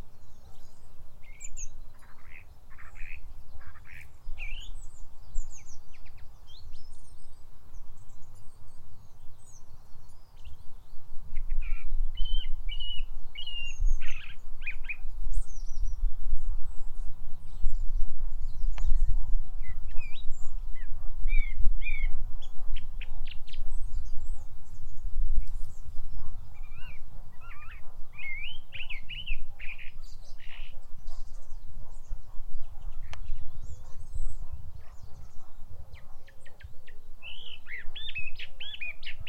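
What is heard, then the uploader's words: Hedgerow birdsong of thrushes, tits and skylarks fills the clip with a dense, overlapping chorus of bright chirps, trills and whistled phrases throughout. A low, steady rumble underneath swells from about ten seconds to thirty, then eases off toward the end. HEDGEROW SONGBIRD DELIGHTS - THRUSHES - TITS. English hedgerow Bird Song. Songbirds included within are: Song Thrush, Mistle Thrush, In-field Skylarks, Great Tit and Long-tailed Tits, among others.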